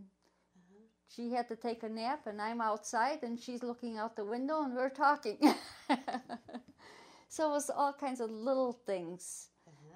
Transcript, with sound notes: And she had to take a nap and I'm outside and she's looking out the window and they're talking. (laughs) So it was all kinds of little thing s --
Uh-huh.